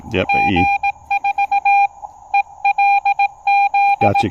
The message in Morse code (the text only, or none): G4ELZ